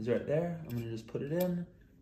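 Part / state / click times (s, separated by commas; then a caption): water intake straw into espresso machine quick-disconnect fitting / not seated / none. A water intake straw is being pushed toward the quick-disconnect fitting on an Osma Pro espresso machine while someone talks. Nothing has seated or clicked yet; the clip ends before the straw snaps home.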